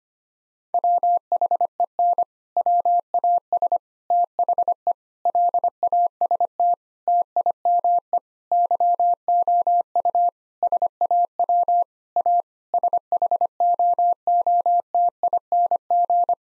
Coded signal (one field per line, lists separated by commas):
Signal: Morse code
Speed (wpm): 25 wpm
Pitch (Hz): 700 Hz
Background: none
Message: WHEN WAS THE LAST TIME YOU SAW A SHOOTING